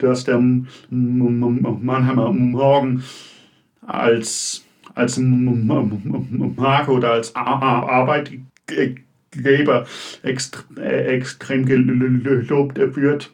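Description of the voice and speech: A man in his mid-to-late 20s who stutters speaks German with frequent silent pauses, a repeated word ("als … als"), repeated syllables ("eks-eks-extrem", "lo-lobt") and several drawn-out sounds. These repetitions, prolongations and blocks are typical of stuttering, a disorder of speech fluency.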